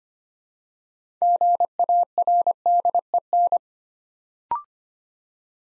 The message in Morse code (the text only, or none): GARDEN